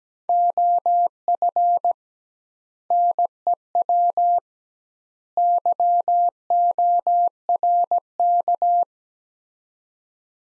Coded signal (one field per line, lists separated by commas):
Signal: Morse code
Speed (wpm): 17 wpm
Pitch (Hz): 700 Hz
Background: none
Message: OF NEW YORK